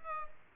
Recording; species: mosquito wingbeat signal from an infrared sensor; Aedes aegypti